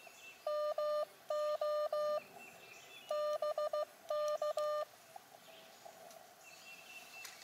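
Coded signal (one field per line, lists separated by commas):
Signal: Morse code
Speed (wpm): 15 wpm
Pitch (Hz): 600 Hz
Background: none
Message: MO BK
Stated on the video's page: QRP portable hiking operation using an Elecraft KX2 with ATU and an AX1 small antenna.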